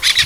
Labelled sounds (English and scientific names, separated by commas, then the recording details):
Brown-throated Parakeet (Eupsittula pertinax) contact call
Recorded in Venezuela
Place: Guárico; Corozopando; Fundo La Fe
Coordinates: 8.506, -67.593